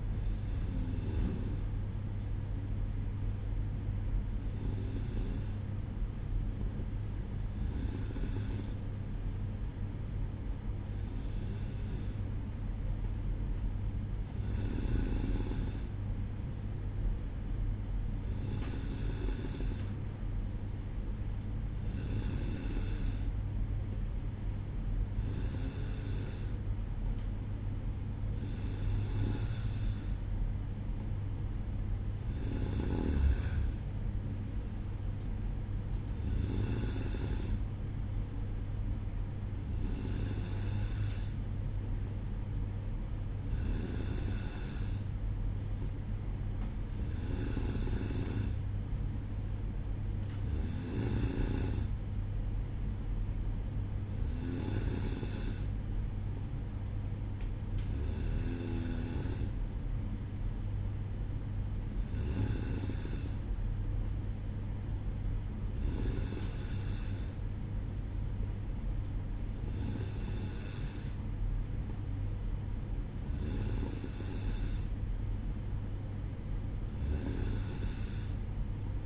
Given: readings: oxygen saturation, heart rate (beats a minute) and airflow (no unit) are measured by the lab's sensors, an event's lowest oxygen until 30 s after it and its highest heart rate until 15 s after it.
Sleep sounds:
breathing in sleep by a smartphone at the bedside; none
none scored
From the record:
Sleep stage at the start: N2 (light sleep); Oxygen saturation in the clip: 93 to 94%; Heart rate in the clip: 58 to 66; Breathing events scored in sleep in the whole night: 305 in 9.6 hours asleep

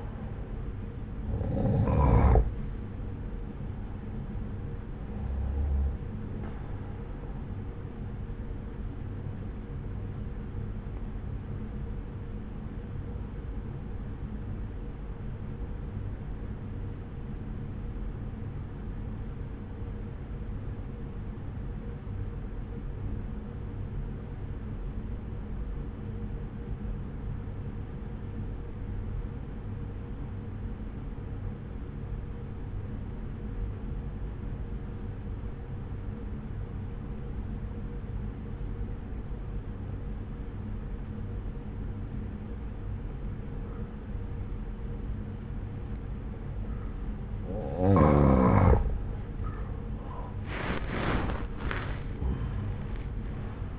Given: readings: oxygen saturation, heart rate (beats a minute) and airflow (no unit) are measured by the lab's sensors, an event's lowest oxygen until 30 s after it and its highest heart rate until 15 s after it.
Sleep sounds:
breathing in sleep by a smartphone at the bedside; 1
12.00-49.20 s: obstructive apnea (N1, oxygen 95% highest, then 86% lowest, heart rate 58 at the start, 62 highest)
From the record:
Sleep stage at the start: N1 (lightest sleep); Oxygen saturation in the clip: 86 to 95%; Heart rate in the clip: 58 to 68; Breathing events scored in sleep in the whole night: 303 in 8.1 hours asleep

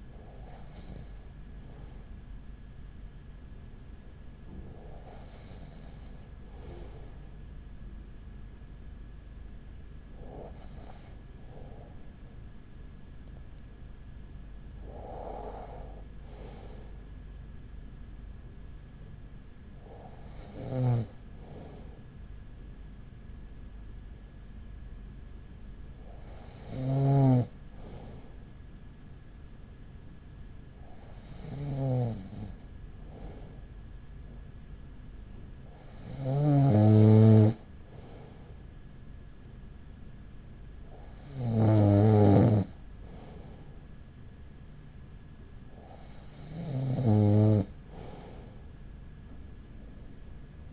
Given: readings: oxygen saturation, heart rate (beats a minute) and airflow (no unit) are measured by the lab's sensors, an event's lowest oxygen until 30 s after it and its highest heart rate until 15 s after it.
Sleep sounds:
breathing in sleep by a smartphone at the bedside; none
11.00-50.73 s: new sleep stage, N2 (light sleep)
From the record:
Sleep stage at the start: N1 (lightest sleep); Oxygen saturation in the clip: 95 to 96%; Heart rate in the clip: 38 to 47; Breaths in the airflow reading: 10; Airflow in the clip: -5.5 to 4.4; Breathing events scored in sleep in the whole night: 207 in 7.6 hours asleep

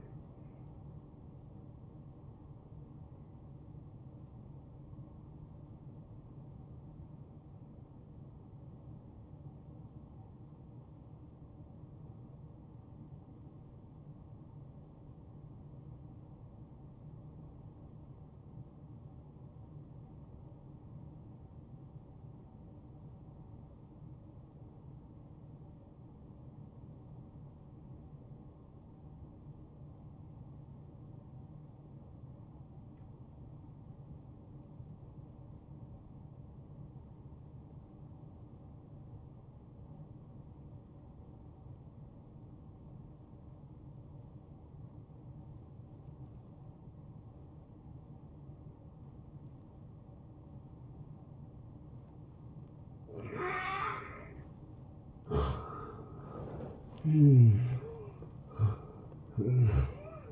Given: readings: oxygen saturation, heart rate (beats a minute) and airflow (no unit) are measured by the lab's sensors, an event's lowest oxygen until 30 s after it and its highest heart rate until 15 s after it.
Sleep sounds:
breathing in sleep by a smartphone at the bedside; 1
4.00-55.30 s: hypopnea (N1, oxygen 93% highest, then 82% lowest, heart rate 78 at the start, 85 highest)
21.00-51.00 s: new sleep stage, N2 (light sleep)
51.00-60.32 s: new sleep stage, N1 (lightest sleep)
From the record:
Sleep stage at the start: N1 (lightest sleep); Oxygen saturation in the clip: 77 to 93%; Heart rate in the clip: 58 to 83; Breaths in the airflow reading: 12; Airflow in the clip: -14.9 to 8.9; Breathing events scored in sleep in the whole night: 263 in 5.5 hours asleep

